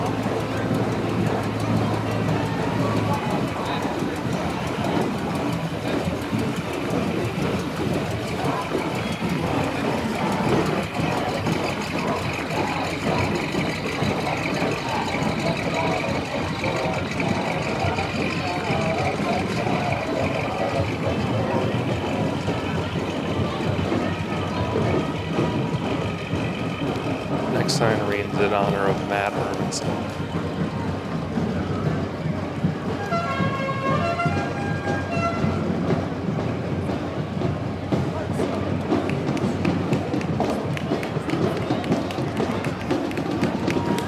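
A Memorial Day parade on College Ave in Downtown Appleton fills the air with a dense, steady wash of crowd chatter and vehicle rumble. Around the half-minute mark, sharp clicks and a brief run of tonal, whistle-like sounds cut through the constant murmur.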